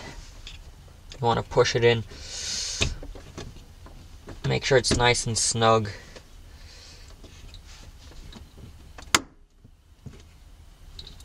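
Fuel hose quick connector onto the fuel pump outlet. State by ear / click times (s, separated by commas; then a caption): seated / 9.1 s. A fuel hose quick connector on a 2004 BMW M3 is pushed onto the fuel pump outlet fitting until it is snug, while someone talks. After the talking stops, a single sharp click at 9.2 s stands out above the quiet. The connector is seated.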